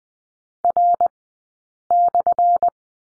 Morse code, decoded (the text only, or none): R/